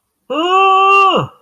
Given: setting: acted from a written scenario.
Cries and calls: vocal sound without words; distress

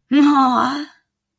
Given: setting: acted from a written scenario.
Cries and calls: vocal sound without words; adoration

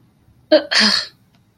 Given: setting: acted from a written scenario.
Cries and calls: vocal sound without words; contempt

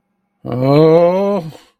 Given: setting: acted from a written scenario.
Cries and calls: vocal sound without words; distress

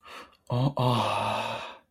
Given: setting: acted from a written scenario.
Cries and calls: vocal sound without words; ecstasy

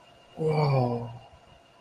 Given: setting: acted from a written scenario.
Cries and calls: vocal sound without words; awe

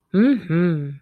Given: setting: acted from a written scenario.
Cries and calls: vocal sound without words; pride

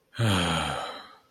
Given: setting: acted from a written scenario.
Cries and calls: vocal sound without words; guilt

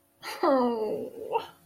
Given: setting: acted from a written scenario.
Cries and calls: vocal sound without words; guilt

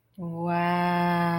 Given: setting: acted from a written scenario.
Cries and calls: vocal sound without words; awe

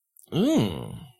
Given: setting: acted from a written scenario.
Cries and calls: vocal sound without words; disgust

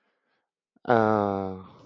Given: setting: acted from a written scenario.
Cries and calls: vocal sound without words; serenity

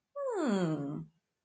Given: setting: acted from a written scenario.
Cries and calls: vocal sound without words; interest

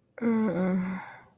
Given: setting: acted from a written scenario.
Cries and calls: vocal sound without words; sympathy

